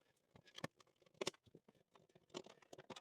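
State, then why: Not seated. A plastic door threshold trim on a Fisker Ocean is handled against the car door sill before it is pressed down so its bottom clips pop into place. Soft scattered tapping and rubbing plastic sounds are heard, with sharper knocks around 0.6, 1.2 and 1.3 seconds. Nothing has seated or clicked yet.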